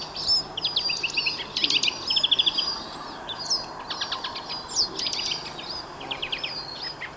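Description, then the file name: European greenfinch twittering song of quick trills and chirps in short bursts, with steady light background noise. "Chloris chloris"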